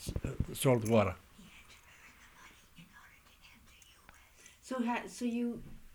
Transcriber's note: voice off mike